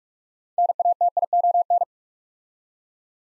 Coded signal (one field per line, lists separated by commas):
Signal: Morse code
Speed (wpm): 44 wpm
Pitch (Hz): 700 Hz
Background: none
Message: NATION